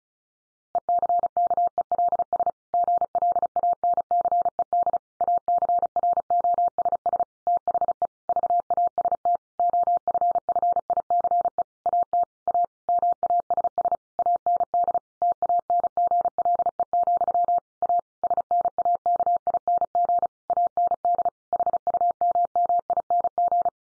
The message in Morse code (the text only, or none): ECKELS GLANCED ACROSS THE VAST OFFICE AT A MASS AND TANGLE, A SNAKING AND HUMMING